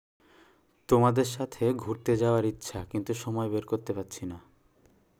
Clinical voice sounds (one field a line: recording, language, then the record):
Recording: elicited speech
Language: Bengali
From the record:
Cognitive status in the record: cognitively healthy